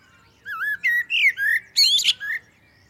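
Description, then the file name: Common blackbird singing: a wavering fluted whistle, then several warbled notes, ending in a burst of high, squeaky twitters and a short final note. "Turdus merula"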